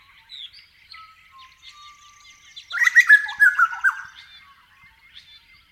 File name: Grey Butcherbird song